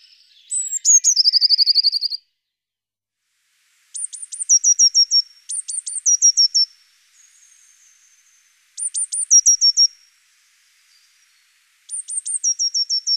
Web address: Mesange bleue